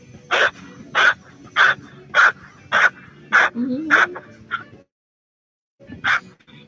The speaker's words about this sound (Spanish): Pero es principalmente una respiración que viene desde la boca de nuestro estómago. Para que la escuchen sería como algo así.